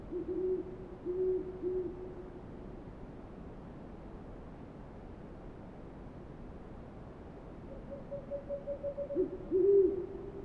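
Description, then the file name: Owl hoots, low notes at the start, a quiet stretch, then a faint quick series of higher notes and a final louder low hoot. Several owls recorded on 28 February 2009. "090228-0405 owls"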